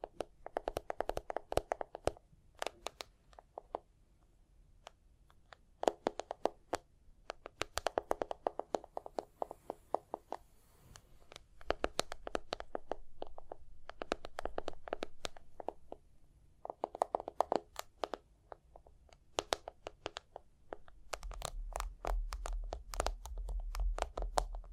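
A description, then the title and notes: Tapping and scratching in short bursts, with sharp clicks running in quick irregular clusters separated by brief pauses. Denser stretches of rubbing scratch recur every few seconds, and a low rumble enters near the end from about 21 seconds. Tapping and Scratching (No Talking).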